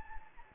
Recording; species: mosquito wingbeat signal from an infrared sensor; Anopheles gambiae